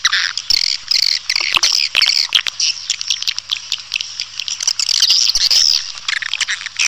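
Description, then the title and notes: Swiftlet chirping calls, a dense, continuous chatter of high twittering chirps with sharp clicks and a faint low hum underneath. Lure sound used in swiftlet bird farming, Asia. "Swiflet Bird Sound. Farming Swiflet Bird asia sound"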